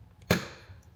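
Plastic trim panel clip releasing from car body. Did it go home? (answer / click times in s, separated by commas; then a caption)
released / 0.3 s. A plastic interior trim panel is pried from underneath until its retaining clip pops free from the car body at 0.3 s. The release is a single loud, sharp pop with a short ringing tail against quiet background, and the panel comes off without breaking.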